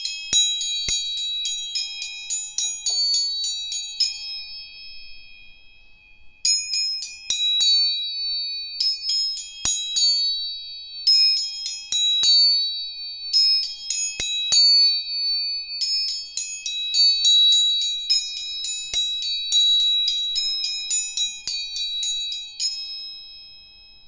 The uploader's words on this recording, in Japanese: 音叉チューニング全体性。